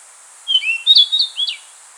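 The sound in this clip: Rufous-tailed flycatcher song: a brief run of high, thin whistled notes with quick rising and falling slurs, about a second long, over a steady faint hiss.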